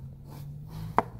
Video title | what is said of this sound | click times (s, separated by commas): Pendant/Ring of Semi Black Opal Pendant in Claw Setting | we just flip it down this little bio it down and it locks into place sorry | 1.0 s